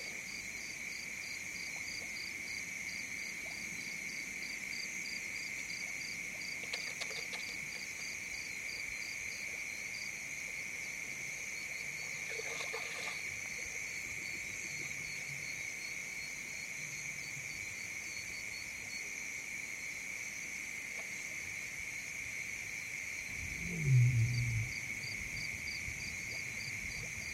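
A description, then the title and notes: A thick insect chorus holds steady through the whole night recording, with a bright band of trilling and a higher pulsing buzz that never lets up. Two brief scratchy bursts come around 7 and 13 seconds, and near 24 seconds a single deep low call rises. Dusk in the Serengeti. Night falls in the Serengeti-Mara savanna. A thick insect chorus creates a constant background.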